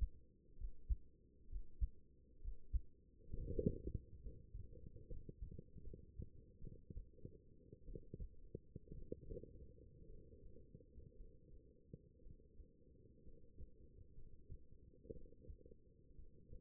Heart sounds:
heart sounds by stethoscope; 62 bpm
0.56 s: heartbeat
1.48 s: heartbeat
2.40 s: heartbeat
3.33 s: heartbeat
4.20 s: heartbeat
5.07 s: heartbeat
5.82 s: heartbeat
6.59 s: heartbeat
7.84 s: heartbeat
8.93 s: heartbeat
10.05 s: heartbeat
11.15 s: heartbeat
12.22 s: heartbeat
13.22 s: heartbeat
14.13 s: heartbeat
15.11 s: heartbeat
16.14 s: heartbeat
From the record:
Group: healthy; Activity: breath hold 0-2 s, rest 2-17 s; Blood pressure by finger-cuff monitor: 132/75 mmHg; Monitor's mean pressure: 96 mmHg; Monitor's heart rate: 64 bpm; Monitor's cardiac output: 6.1 L/min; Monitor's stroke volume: 94 mL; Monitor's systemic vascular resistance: 1080 dyn s/cm5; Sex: female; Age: 23 years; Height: 160 cm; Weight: 50.4 kg

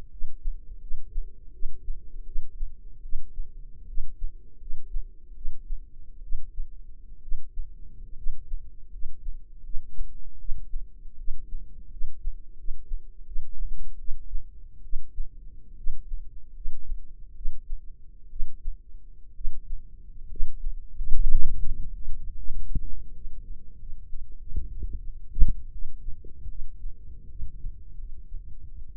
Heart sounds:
heart sounds by microphone in the left ear; 78 bpm
0.08 s: heartbeat
0.78 s: heartbeat
1.51 s: heartbeat
2.24 s: heartbeat
3.01 s: heartbeat
3.86 s: heartbeat
4.58 s: heartbeat
5.33 s: heartbeat
6.21 s: heartbeat
7.20 s: heartbeat
8.15 s: heartbeat
8.90 s: heartbeat
9.62 s: heartbeat
10.37 s: heartbeat
11.16 s: heartbeat
11.89 s: heartbeat
12.56 s: heartbeat
13.24 s: heartbeat
13.97 s: heartbeat
14.82 s: heartbeat
15.75 s: heartbeat
16.53 s: heartbeat
17.34 s: heartbeat
18.29 s: heartbeat
19.33 s: heartbeat
20.28 s: heartbeat
21.02 s: heartbeat
21.75 s: heartbeat
22.45 s: heartbeat
23.13 s: heartbeat
23.78 s: heartbeat
24.40 s: heartbeat
25.03 s: heartbeat
25.71 s: heartbeat
26.48 s: heartbeat
27.28 s: heartbeat
27.97 s: heartbeat
28.67 s: heartbeat
From the record:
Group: healthy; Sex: female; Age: 22 years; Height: 157 cm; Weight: 47.6 kg

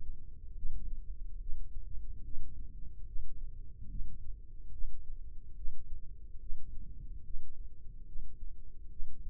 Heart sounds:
heart sounds by microphone in the left ear; 72 bpm
0.57 s: heartbeat
1.41 s: heartbeat
2.25 s: heartbeat
3.07 s: heartbeat
3.90 s: heartbeat
4.73 s: heartbeat
5.57 s: heartbeat
6.41 s: heartbeat
7.25 s: heartbeat
8.07 s: heartbeat
8.91 s: heartbeat
From the record:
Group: healthy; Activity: rest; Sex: male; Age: 55 years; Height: 167 cm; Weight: 57.2 kg

